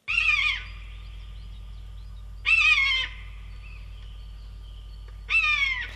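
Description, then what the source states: Common buzzard calling, three mewing high descending cries spaced about two and a half seconds apart, each slurred and slightly hoarse, over a low steady hum. Common buzzard, a bird of prey common around Ireland, often heard before it is seen.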